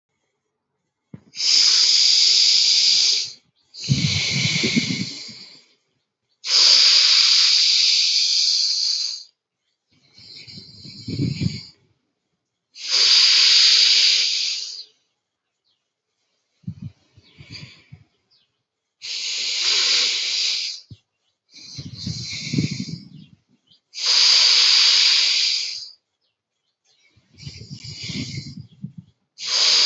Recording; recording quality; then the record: deep breathing; excellent, no background noise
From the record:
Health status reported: healthy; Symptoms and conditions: none ticked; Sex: male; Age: 25 years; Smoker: not ticked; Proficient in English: yes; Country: India